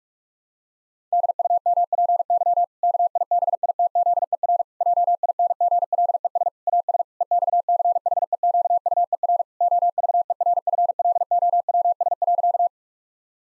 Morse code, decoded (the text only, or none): DUMPY KIBITZER JINGLES AS EXCHEQUER OVERFLOWS.